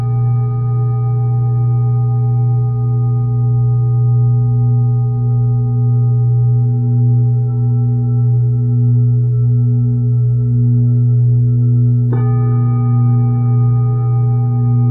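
Tibetan singing bowls resonate in a steady, sustained drone with a strong low hum and several clear higher tones above it. A gentle pulsing wavers through the tone throughout, and around twelve seconds a soft new strike adds a brighter ring.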